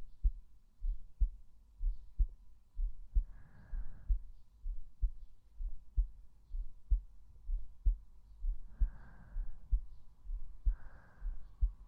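Steady low thumps at about 63 a minute with a few breath sounds: a normal adult heartbeat, picked up with the microphone held on the chest over the heart.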